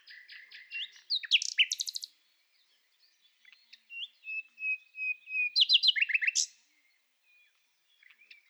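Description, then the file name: Common nightingale singing: a stuttering run of notes rising into a fast rattling trill, a series of pure whistles, then another loud rapid repeated series. "Nachtigall - Luscinia megarhynchos - Oliver Swift"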